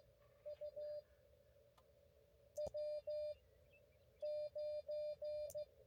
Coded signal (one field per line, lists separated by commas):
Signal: Morse code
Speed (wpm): 15 wpm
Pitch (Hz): 590 Hz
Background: none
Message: U W 9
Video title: 20241220 Five Park POTA Run - Three Outta Five Ain't Bad